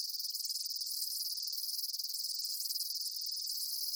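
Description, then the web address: Insects chirping in a rapid, high, pulsing chorus with a fast flutter in the loudness and no pauses. Daytime insect ambience, chirping bugs. "Blast Wave Amb Day Insects. animal ambience insects chirps day bugs"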